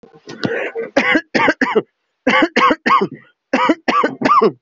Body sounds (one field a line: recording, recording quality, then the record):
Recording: heavy voluntary cough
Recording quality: excellent, no background noise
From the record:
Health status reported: healthy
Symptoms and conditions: fever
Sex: male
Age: 23 years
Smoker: not ticked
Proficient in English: yes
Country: India